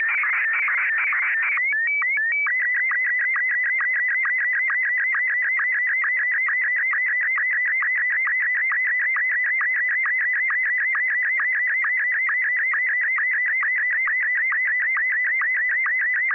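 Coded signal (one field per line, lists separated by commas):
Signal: SSTV (slow-scan television)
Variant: Martin 1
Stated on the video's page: SSTV net on a 441.300 MHz FM repeater, images sent with MMSSTV.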